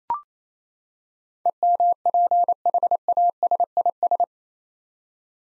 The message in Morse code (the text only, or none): EMPHASIS